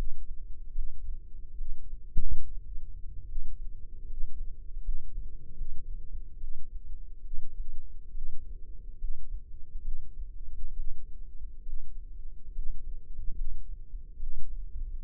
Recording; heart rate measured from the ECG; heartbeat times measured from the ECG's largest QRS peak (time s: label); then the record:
heart sounds by microphone in the left ear; 71 bpm
0.72 s: heartbeat
1.54 s: heartbeat
2.12 s: heartbeat
3.25 s: heartbeat
4.05 s: heartbeat
4.80 s: heartbeat
5.53 s: heartbeat
6.37 s: heartbeat
7.20 s: heartbeat
8.11 s: heartbeat
8.96 s: heartbeat
9.80 s: heartbeat
10.73 s: heartbeat
11.62 s: heartbeat
12.51 s: heartbeat
13.33 s: heartbeat
14.16 s: heartbeat
14.99 s: heartbeat
From the record:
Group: healthy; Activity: rest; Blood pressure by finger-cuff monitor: 141/85 mmHg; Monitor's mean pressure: 101 mmHg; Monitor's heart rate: 73 bpm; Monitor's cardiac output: 6.2 L/min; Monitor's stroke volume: 88 mL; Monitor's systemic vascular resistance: 1220 dyn s/cm5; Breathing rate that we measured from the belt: 14 breaths a minute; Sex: female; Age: 22 years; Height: 171 cm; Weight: 65.6 kg